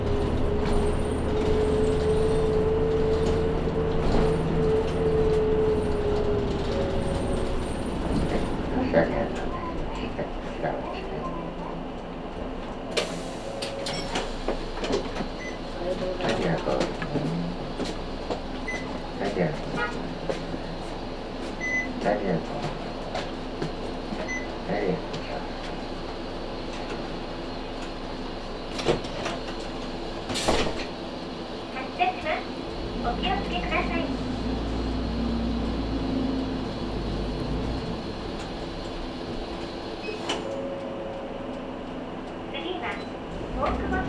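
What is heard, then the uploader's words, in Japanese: A ride on the Matsuura Railway or a Saihi bus toward Sasebo, opening with a heavy low rumble and a steady whining tone that ease off after about nine seconds. A quieter rolling hum follows, broken by scattered knocks and clacks, with sharp bangs near 13, 30 and 40 seconds. 松浦鉄道・西肥バス 中佐世保→佐世保→弓張岳展望台。駅から5分ほど歩いたバスターミナルから弓張岳展望台行きバスに乗車。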